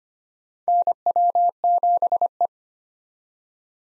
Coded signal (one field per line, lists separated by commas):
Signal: Morse code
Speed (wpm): 25 wpm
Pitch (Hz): 700 Hz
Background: none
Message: NW7E